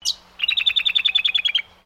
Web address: Sound Effects-Foundation 1 BIRD BROWN HONEY EATER CALL